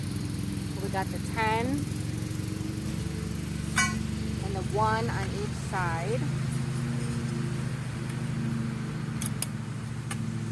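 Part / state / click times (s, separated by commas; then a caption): greenhouse frame tube into plastic joint connector / seated / 9.4 s. A greenhouse frame tube is pushed into its plastic joint connector while someone talks over a steady low hum. The tube snaps into place with a sharp click at 9.4 s, confirming it is seated.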